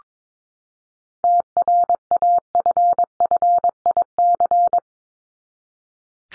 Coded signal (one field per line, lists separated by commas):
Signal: Morse code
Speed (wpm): 22 wpm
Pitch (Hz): 700 Hz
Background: none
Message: TRAFFIC